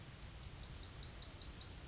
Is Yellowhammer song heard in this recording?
yes